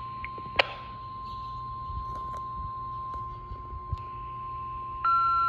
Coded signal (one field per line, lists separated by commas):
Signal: Emergency Alert System (SAME) tones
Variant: 1050 Hz attention tone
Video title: Virginia Tornado Drills! 3/7/24 (EAS #953 - 957)